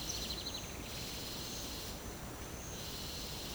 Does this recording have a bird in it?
no